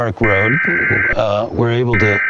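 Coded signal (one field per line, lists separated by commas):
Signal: Emergency Alert System (SAME) tones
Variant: header bursts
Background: speech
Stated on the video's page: Simulated SAME tones in a fictional EAS scenario.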